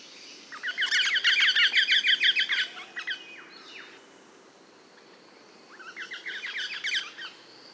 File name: blednogolovaya rozella platycercus adscitus